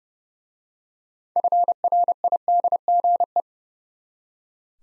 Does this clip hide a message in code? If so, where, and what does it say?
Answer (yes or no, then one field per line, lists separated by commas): yes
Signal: Morse code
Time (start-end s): 1.4-3.4 s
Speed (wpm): 28 wpm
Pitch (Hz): 700 Hz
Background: none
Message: FRIDGE